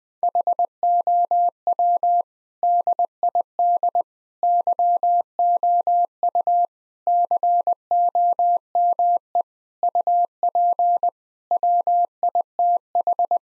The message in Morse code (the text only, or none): HOW DID YOU COME UP WITH